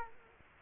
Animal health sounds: mosquito wingbeat signal from an infrared sensor; Culex quinquefasciatus

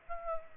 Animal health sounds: mosquito wingbeat signal from an infrared sensor; Aedes aegypti

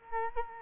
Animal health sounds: mosquito wingbeat signal from an infrared sensor; Culex quinquefasciatus

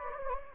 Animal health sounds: mosquito wingbeat signal from an infrared sensor; Anopheles gambiae

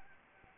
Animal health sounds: mosquito wingbeat signal from an infrared sensor; Anopheles arabiensis

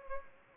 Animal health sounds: mosquito wingbeat signal from an infrared sensor; Anopheles gambiae

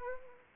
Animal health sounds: mosquito wingbeat signal from an infrared sensor; Anopheles arabiensis

